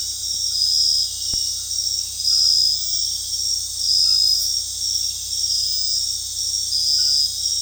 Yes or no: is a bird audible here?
no